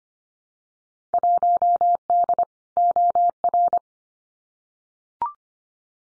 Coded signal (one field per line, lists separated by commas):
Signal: Morse code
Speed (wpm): 25 wpm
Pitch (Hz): 700 Hz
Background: none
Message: 1D OR